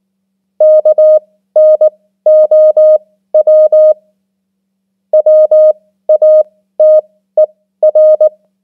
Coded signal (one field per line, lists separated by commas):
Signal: Morse code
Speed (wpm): 19 wpm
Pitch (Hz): 620 Hz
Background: none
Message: KNOW WATER